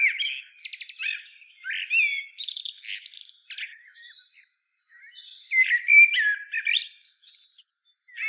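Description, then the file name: Common blackbird song, busy and continuous, mixing rapid high squeaky trills with rich whistled warbles, in loud bursts separated by brief softer passages. "Turdus merula"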